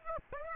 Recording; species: mosquito wingbeat signal from an infrared sensor; Aedes aegypti